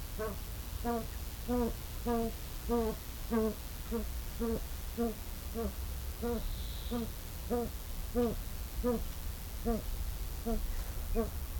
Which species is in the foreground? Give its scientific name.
Crossoptilon crossoptilon